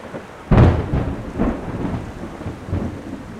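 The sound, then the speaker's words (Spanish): Heavy rain pours onto wet cement in a city in a steady, dense hiss, broken by a sudden loud, deep rumbling burst early on and softer swells of rumble that follow. “Harta lluvia, cemento mojado acá dentro de la ciudad.”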